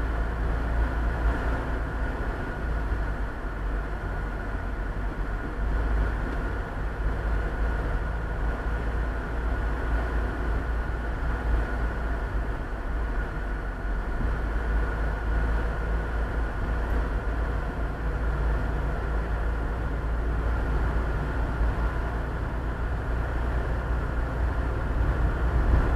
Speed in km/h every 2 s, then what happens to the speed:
32, 33, 33, 31, 31, 31, 32, 32, 33, 34, 33, 32, 33.
0-26 steady at about 32.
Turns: none.